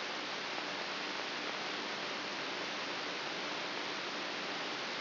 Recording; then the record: brain microelectrode recording played as sound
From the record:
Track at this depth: inside the subthalamic nucleus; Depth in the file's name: 4.44 mm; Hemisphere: right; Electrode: 3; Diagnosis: Parkinson's disease